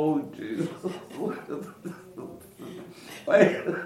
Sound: laughter

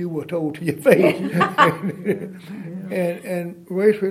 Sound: laughter

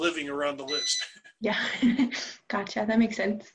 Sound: laughs

